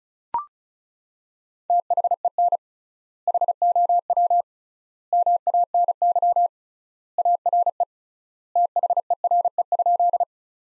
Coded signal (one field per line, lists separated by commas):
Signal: Morse code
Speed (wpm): 34 wpm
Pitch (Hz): 700 Hz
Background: none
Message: THEN HOW MANY ARE THERE?